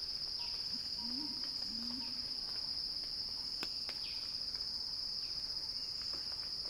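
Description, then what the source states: Cicada song, a continuous shrill buzz at one high pitch, with a short low warble near the start and a few faint clicks. Recorded by Axel Drioli; described as a cicada crescendo.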